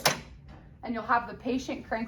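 A crank handle on a knee flexion device is popped up into place, giving a single sharp click at 0.1 s. The handle seats, and then someone talks.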